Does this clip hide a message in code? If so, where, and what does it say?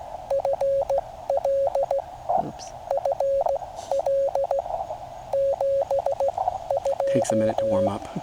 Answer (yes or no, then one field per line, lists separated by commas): yes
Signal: Morse code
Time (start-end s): 0.3-7.9 s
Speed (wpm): 16 wpm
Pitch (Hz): 550 Hz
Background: speech, radio noise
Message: FL FL 72